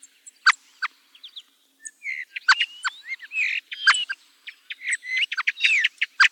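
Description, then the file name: Thrush song of varied phrases: sharp high notes, short clear whistles and scratchy trills, some sliding upward, delivered in quick bursts with brief pauses. "TORDO"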